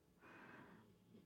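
One rough, snorting breath lasting about half a second: a dog snoring quietly in a small room.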